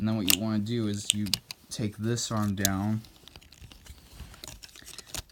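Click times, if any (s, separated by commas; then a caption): none. Someone talks while swinging down the plastic arm of a Transformers The Last Knight Voyager Class Nitro Zeus transforming robot toy toward its shoulder lock. After the talking stops around 3 s, small plastic handling clicks and rustles follow. The arm has not yet locked into place.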